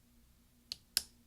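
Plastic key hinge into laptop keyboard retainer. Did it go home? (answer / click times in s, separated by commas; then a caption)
yes / 0.7 s, 1.0 s. A plastic scissor hinge for the F4 key of a 13-inch MacBook Pro Early 2009 (Core 2 Duo, 2.53 GHz) is pressed down with a finger onto the laptop keyboard's retainer clips. Two sharp plastic snaps are heard at 0.7 s and 1.0 s, the second louder, over a faint low hum. The hinge snaps into place and is seated.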